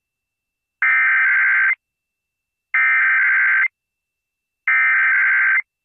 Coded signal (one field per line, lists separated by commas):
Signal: Emergency Alert System (SAME) tones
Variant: header bursts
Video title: Thursday Morning Weekly Tests (EAS #16907-16908) 3/21/24